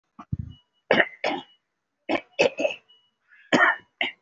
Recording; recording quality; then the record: heavy voluntary cough; excellent, no background noise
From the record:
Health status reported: recovered from COVID-19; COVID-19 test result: positive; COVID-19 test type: RT-PCR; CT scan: taken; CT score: 0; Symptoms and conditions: cough, cold, breathing difficulty, fatigue, muscle pain, asthma, chronic lung disease, pneumonia, another respiratory illness, hypertension, another condition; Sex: male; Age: 54 years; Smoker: yes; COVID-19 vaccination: both doses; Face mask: worn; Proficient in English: no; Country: India